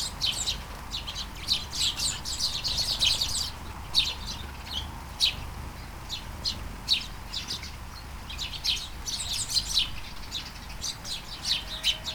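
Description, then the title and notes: Sparrows chirping as a flock, dense bursts of short, bright tweets overlapping, busiest in the first few seconds, then scattered chirps continuing over steady low background hiss. Flying sparrows in a garden in Taastrup, Denmark, early morning during a light shower; recorded on a Sony PCM-D100 with internal microphones. "Kærengen 8, 2630 Taastrup, Denmark - Flying sparrows. Flying sparrows in the garden, early morning. Light shower. Vols de moineaux dans le jardin, au petit matin. Pluie fine"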